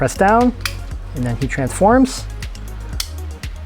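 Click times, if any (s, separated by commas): 3.0 s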